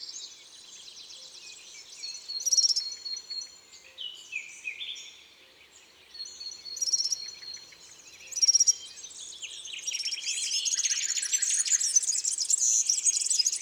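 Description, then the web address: European serin song: high, fast jingling trills in bursts separated by short pauses, ending in a dense continuous high buzzy stretch. Among garden birds. "Serin cini. album oiseaux-des-jardins"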